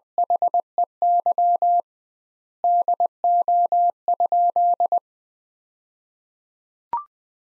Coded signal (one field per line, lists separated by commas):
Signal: Morse code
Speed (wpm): 21 wpm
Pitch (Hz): 700 Hz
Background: none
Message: HEY DO?